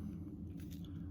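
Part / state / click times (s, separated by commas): slide and barrel retaining pin going into a pocket pistol frame / not seated / none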